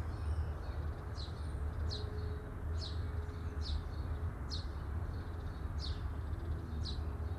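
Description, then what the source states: Bird with clear high chirps spaced fairly evenly, about one every second, over continuous low-pitched rumbling noise. Birds chirping at midday.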